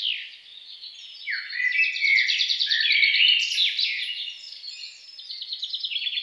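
Songbird song, a continuous fast warbling of trilled and chirped notes, loudest toward the middle.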